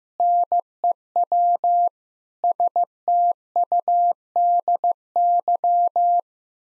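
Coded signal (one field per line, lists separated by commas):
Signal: Morse code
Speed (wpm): 15 wpm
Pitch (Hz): 700 Hz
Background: none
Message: NEW STUDY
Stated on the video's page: Morse practice at 15 wpm: sentences containing common eight-word phrases, each sent, spoken, then sent again for head-copy.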